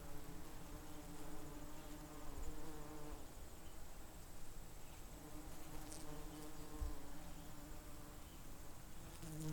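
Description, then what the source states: Bee buzzing as a continuous low hum with layered overtones, occasional soft ticks above. Bees recorded close.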